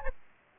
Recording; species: mosquito wingbeat signal from an infrared sensor; Anopheles gambiae